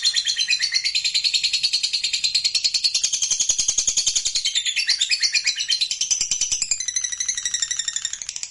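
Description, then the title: Lovebird singing in a long, rapid, buzzy chatter of high notes, pulsing steadily and fading slightly toward the end. Used to provoke a reluctant lovebird into singing spontaneously. "LOVEBIRD Malas Bunyi JADI GREGET SPONTAN Langsung NARIK"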